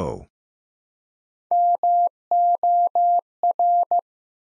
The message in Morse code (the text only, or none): MOR